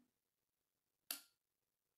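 The adjustable handle and blade guard of a fabric cutting tool are opened to the widest blade setting. At 1.1 s one sharp, bright click rings out briefly against near silence. The handle locks in the open position and will not close on its own until the button is pushed.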